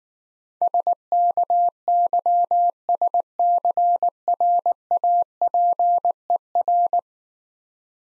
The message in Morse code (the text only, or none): SKYSCRAPER